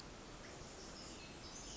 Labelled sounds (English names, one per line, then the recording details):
Pacific Wren
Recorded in Sonoma County, California